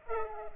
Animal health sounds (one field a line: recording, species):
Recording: mosquito wingbeat signal from an infrared sensor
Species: Culex pipiens